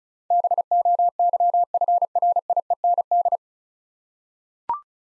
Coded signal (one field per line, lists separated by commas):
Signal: Morse code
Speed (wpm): 36 wpm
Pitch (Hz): 700 Hz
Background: none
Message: BOYFRIEND